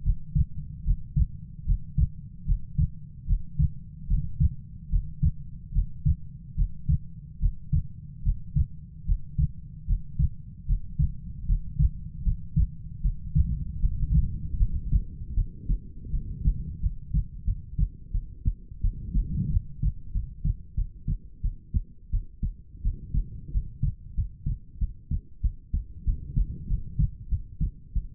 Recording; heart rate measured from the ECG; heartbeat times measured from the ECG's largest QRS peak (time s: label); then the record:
heart sounds by stethoscope; 82 bpm
0.03 s: heartbeat
0.84 s: heartbeat
1.65 s: heartbeat
2.45 s: heartbeat
3.26 s: heartbeat
4.07 s: heartbeat
4.89 s: heartbeat
5.72 s: heartbeat
6.55 s: heartbeat
7.39 s: heartbeat
8.22 s: heartbeat
9.05 s: heartbeat
9.86 s: heartbeat
10.65 s: heartbeat
11.45 s: heartbeat
12.22 s: heartbeat
13.00 s: heartbeat
13.79 s: heartbeat
14.57 s: heartbeat
15.34 s: heartbeat
16.10 s: heartbeat
16.80 s: heartbeat
17.44 s: heartbeat
18.11 s: heartbeat
18.81 s: heartbeat
19.50 s: heartbeat
20.12 s: heartbeat
20.75 s: heartbeat
21.41 s: heartbeat
22.10 s: heartbeat
22.82 s: heartbeat
23.51 s: heartbeat
24.14 s: heartbeat
24.78 s: heartbeat
25.41 s: heartbeat
26.04 s: heartbeat
26.67 s: heartbeat
27.28 s: heartbeat
27.93 s: heartbeat
From the record:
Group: healthy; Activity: Valsalva maneuver 0-6 s, rest 6-28 s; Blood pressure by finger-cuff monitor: 62/44 mmHg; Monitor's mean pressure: 53 mmHg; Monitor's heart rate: 76 bpm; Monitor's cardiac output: 5.5 L/min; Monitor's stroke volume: 75 mL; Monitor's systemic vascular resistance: 640 dyn s/cm5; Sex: female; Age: 19 years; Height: 163 cm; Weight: 48.9 kg